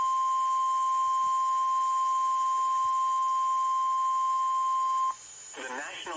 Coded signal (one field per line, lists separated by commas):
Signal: Emergency Alert System (SAME) tones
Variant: 1050 Hz attention tone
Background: speech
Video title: EAS #1,521-1,522 (DOUBLE-HEADER) Online NWR (Remnants of Beryl) TOR's #4-5 (Both from BGM) 7/10/24